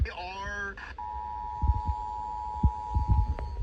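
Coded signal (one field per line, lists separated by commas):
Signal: Emergency Alert System (SAME) tones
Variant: 853 and 960 Hz attention tone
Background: speech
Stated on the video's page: Missoula Required Monthly Test run on a Saturday, the first on a weekend.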